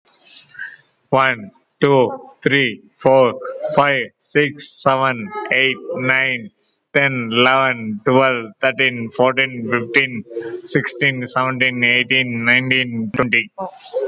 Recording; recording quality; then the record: counting at a fast pace; excellent, no background noise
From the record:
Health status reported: COVID-19 positive, mild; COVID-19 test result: positive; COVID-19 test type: RT-PCR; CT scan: not taken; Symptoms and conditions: sore throat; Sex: male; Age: 53 years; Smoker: no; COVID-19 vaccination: none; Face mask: not worn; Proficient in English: yes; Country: India